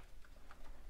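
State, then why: Not seated. A cordless battery pack is slid along its grooves into the base of a DeWalt DCH172 hammer drill, giving a few faint handling ticks and scrapes over low background noise. The pack is being handled but is not yet home, and nothing has seated or clicked yet.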